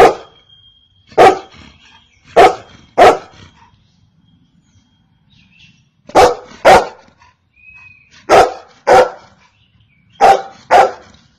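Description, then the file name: Golden retriever barks in short bursts, single and paired, spaced by pauses throughout, each bark sharp and loud against a quiet background. "Golden retriever Dog"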